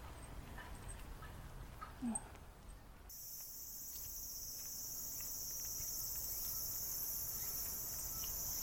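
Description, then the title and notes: Cicada song: quiet at first with a few faint sounds, then a loud high shrill drone switches on after three seconds and holds steady, slowly swelling. Recorded 16 September 2022; the singer is uncertainly identified as either a large brown cicada or a bear cicada. "アブラゼミ？クマゼミ？ ＃あさりー"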